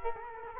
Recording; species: mosquito wingbeat signal from an infrared sensor; Culex quinquefasciatus